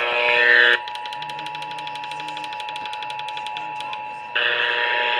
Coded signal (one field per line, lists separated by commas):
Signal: Emergency Alert System (SAME) tones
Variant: 853 and 960 Hz attention tone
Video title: A FLOOD ALERT FOR SE TX EAS Alerts from 1/29/23 (EAS #116 #120)